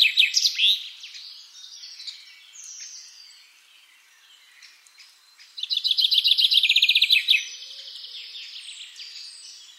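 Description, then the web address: Common chaffinch song: a brief loud phrase and quieter birdsong, then a loud fast trill ending in a short flourish. "SETE Fringilla coelebs"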